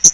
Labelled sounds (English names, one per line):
Hooded Warbler flight call